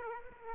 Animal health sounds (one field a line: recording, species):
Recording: mosquito wingbeat signal from an infrared sensor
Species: Aedes aegypti